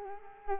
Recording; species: mosquito wingbeat signal from an infrared sensor; Culex quinquefasciatus